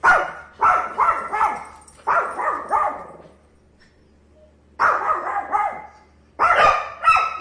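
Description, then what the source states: Dogs give rapid clustered barks, then fall silent for about one and a half seconds before two more bursts of loud, harsh barking, over a low steady hum. More than one dog barking.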